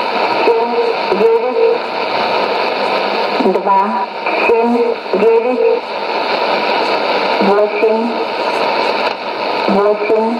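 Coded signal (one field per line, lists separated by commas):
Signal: numbers station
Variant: S06s, Russian language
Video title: 19 05 2017 Numbers station S06s Russian Lady in Russian to Eu 0944 on 9655 unknown tx site in CUSB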